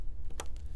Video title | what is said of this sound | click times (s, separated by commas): Dell Precision R5500 Workstation Review & Overview - Memory Install Tips - How to Configure - Gaming | so that click is basically the tabs are popping into the sides | 0.4 s